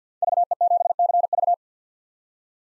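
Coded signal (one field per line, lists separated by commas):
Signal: Morse code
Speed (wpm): 50 wpm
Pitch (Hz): 700 Hz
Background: none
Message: VE7CV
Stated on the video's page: Common SOTA chaser call signs at 50 wpm for head-copy practice.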